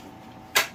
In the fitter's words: Oh, it snaps into place, I see. Okay.